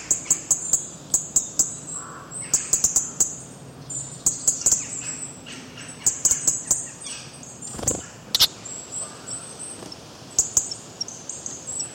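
Birds chirping in rapid, high-pitched bursts that repeat through the recording, with occasional sharp clicks.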